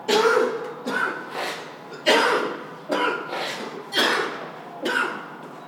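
Six or seven harsh, wet-sounding cough bursts in quick succession from an old man.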